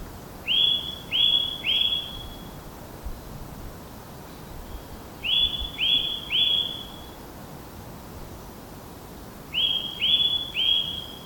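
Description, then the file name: Eurasian nuthatch calling: clear, rising whistled notes delivered in three bursts of three, separated by pauses of about two to three seconds, over a low steady background hiss. "Sitta europaea"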